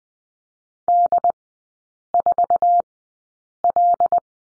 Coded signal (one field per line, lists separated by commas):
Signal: Morse code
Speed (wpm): 20 wpm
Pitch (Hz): 700 Hz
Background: none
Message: D4L